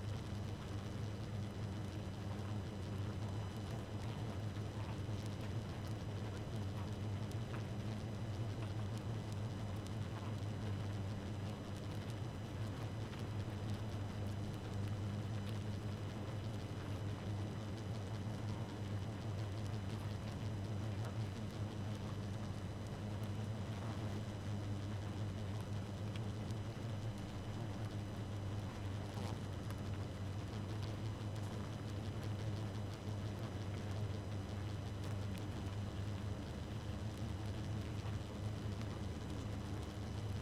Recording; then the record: honeybee colony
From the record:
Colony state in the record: active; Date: 12 June 2018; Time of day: 2:24